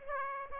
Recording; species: mosquito wingbeat signal from an infrared sensor; Aedes aegypti